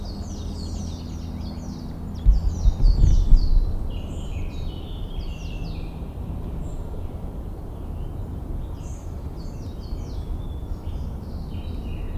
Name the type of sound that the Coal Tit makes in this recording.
song